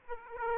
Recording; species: mosquito wingbeat signal from an infrared sensor; Aedes aegypti